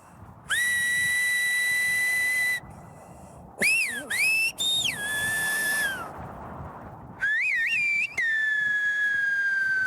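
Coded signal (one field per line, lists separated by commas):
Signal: whistled language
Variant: Silbo Gomero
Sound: three loud whistled phrases, one long level tone, then gliding rising and falling notes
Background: background hiss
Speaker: Non, moi j'ai une meilleure méthode.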